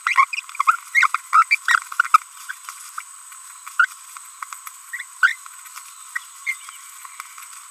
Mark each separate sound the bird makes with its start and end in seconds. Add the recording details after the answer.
0.07-0.25, 0.33-0.40, 0.67-0.79, 0.95-1.07, 1.14-1.16, 1.33-1.43, 1.51-1.55, 2.49-2.52, 3.79-3.85, 4.93-5.02, 5.23-5.34, 6.16-6.18, 6.47-6.54. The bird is a female. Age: 30 days. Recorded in a nest box in Venezuela. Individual 17B42B3